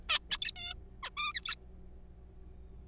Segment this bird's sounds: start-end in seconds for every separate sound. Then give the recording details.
0.09-0.19, 0.31-0.51, 0.56-0.74, 1.03-1.10, 1.17-1.33, 1.35-1.55. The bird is a juvenile. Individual R3428